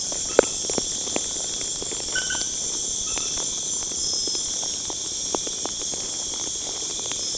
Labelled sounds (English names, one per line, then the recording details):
none
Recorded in pastures near Puerto Asís, Putumayo, Colombia, on 23 June 2025 at 20:00
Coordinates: 0.496, -76.326
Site GP01